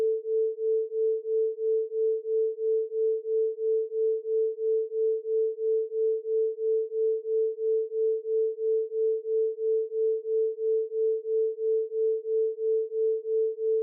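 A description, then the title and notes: A pure, steady tone at 444 Hz hums without change for the whole clip, carrying a 3 Hz binaural beat. Its loudness swells and dips evenly about three times a second, a smooth regular throb with no other sounds behind it. 3Hz Delta Binaural Beat & 444Hz Carrier Tone. Binaural ASMR.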